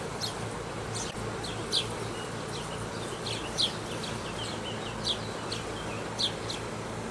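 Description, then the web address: House sparrow chirps, short bright notes about every one to two seconds with fainter chirping between, over a steady low rumble. Recorded at Grudnovo nabrežje, Ljubljana, on 22 July 2022. "Passer domesticus DOMAČI VRABEC 2022-07-22 LJUBLJANA Grudnovo nabrežje"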